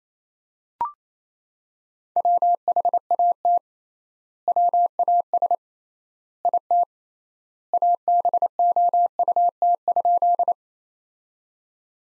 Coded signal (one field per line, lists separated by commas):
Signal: Morse code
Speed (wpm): 28 wpm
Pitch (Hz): 700 Hz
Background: none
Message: WHAT WAS IT ABOUT?